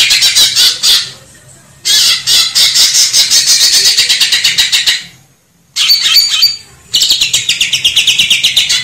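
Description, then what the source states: Grey-cheeked bulbul song, long harsh buzzy chattering phrases of rapid pulses, separated by short silences. Masteran, made for training cage birds.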